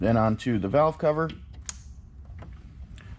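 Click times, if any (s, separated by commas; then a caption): 1.7 s. On a 2020-2022 Ford Mustang GT500, the quick-connect on the other end of a J&L Oil Separator Co. oil separator hose is pushed onto the valve cover fitting. Someone talks briefly, then a single sharp click is heard at 1.7 s as the connector seats, followed by a few faint taps.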